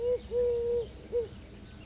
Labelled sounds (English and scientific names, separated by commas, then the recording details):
Eurasian Collared Dove (Streptopelia decaocto)
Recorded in Sonoma County, California